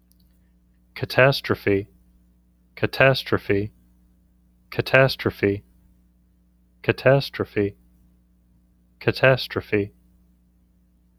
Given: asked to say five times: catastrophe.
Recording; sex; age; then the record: repeated word; male; 30 to 39 years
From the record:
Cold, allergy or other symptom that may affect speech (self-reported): no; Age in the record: 38 years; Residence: Kansas, United States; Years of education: 13